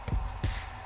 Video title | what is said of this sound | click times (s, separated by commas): Complete rebuild of the reds racing WRX Nitro engine Part 2 | see that and just make sure snap see that snap right into place dear hopefully | 0.1 s